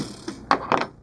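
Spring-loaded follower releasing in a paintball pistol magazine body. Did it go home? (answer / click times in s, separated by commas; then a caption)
released / 0.5 s. The locked spring-loaded follower of a reassembled Tippmann TPX/TiPX paintball pistol magazine is released. It gives a sharp click at 0.5 s and springs back out under spring tension, with a softer tick just before and a quick rattle of clicks around 0.8 s. The follower releases and springs back as expected.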